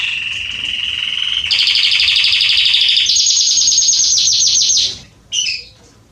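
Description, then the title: Belgian canary singing rapid rolling trills that step up in pitch twice, then stop with one short high note after a brief pause. Male Belgian canary singing a lot, to warm up and train young canaries. "Canary Training Esquente Seu Filhote E Canario Belga Macho Cantando Muito CANTO DO CANRIO"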